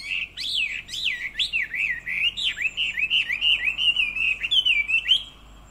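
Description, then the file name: Chinese hwamei delivering loud, fluty, looping whistles in quick succession, each phrase swooping up and down, continuous for several seconds. "Garrulax canorus"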